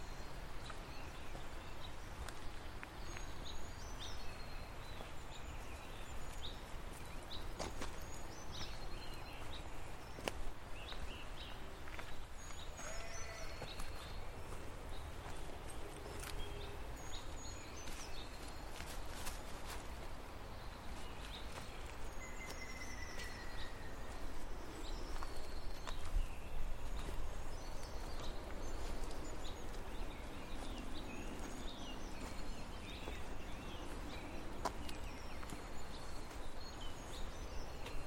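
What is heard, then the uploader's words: A rain-swollen stream rushes steadily underneath dripping trees, a dense, even roar that holds throughout. Short bird calls and song phrases sparkle above it, scattered every few seconds, with sharp drips ticking now and then and a sustained whistled note near the middle. Soothing sounds of spring stir in a Welsh rainforest. You're among the moss and ferns of a Welsh rainforest in early spring. Against the backdrop of a stream swollen with rain, the trees are dripping – and the birds stirring. Recorded by Fergus Collins.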